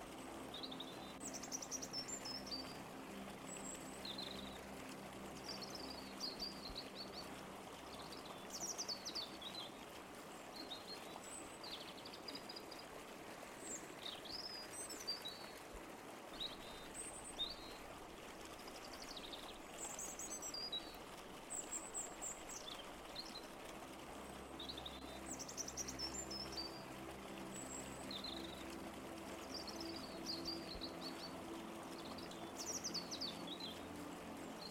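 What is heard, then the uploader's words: Birds chirp and call through the whole stretch, quick bright tweets and short downward trills arriving every second or two from several directions. Beneath them runs a steady, even wash of water, with a low droning hum that holds throughout. Serene harmony of a lake waterside. The harmonious symphony of gentle waves and melodic birdsong. Soothing sounds of lapping waves and the enchanting melodies of birdsong.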